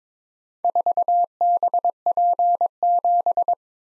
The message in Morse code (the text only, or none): 4BP7